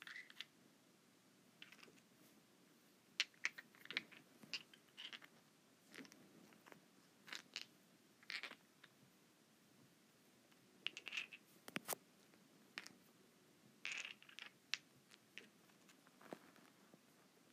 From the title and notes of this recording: ASMR Rock Rubbing.